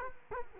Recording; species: mosquito wingbeat signal from an infrared sensor; Culex quinquefasciatus